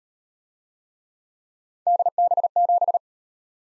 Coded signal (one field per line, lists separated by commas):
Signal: Morse code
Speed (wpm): 38 wpm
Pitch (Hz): 700 Hz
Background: none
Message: DB7